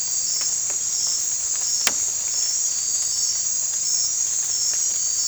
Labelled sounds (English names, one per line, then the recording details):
none
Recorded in dense forest near Puerto Asís, Putumayo, Colombia, on 16 December 2024 at 03:00
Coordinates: 0.468, -76.322
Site G071